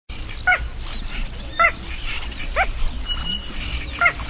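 Bird calls, a few short harmonic notes about once a second over a low rumbling background.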